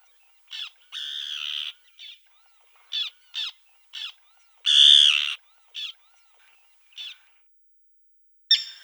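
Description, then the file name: Common tern giving short sharp kip notes spaced irregularly, with a longer harsh rasping cry early and a louder drawn-out grating kee-arr in the middle. "Sterna hirundo"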